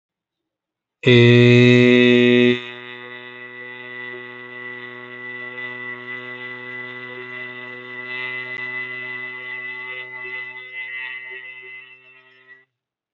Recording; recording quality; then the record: sustained vowel as in made; excellent, no background noise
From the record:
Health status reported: healthy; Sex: male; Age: 21 years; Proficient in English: no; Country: India